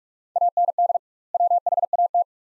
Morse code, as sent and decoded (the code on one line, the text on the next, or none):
.- -. -.. / .-- .... .- -
AND WHAT